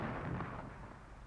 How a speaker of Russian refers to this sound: Неужто бой опять? Шесть. Это салют. Совершенно верно. Шестидюймовая батарея салютует.